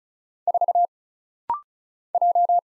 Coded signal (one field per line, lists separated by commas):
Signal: Morse code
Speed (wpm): 34 wpm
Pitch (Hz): 700 Hz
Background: none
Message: 4 J